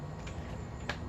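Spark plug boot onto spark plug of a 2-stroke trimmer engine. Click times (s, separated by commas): 0.9 s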